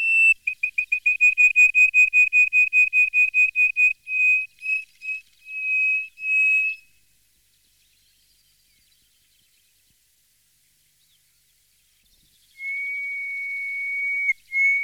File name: Jean C Roche - Sirli du desert